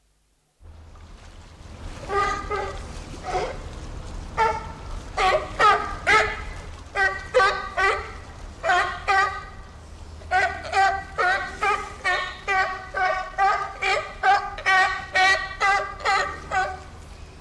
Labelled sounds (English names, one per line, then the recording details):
California Sea Lion call
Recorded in captivity
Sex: diverse
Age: diverse
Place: Zoo Osnabrück, Niedersachsen, DE
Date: 1991-09-09 12:36
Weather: overcast, 13°C
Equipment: Marantz CP 430, Kopie Tesla B 116
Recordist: Tembrock, Günter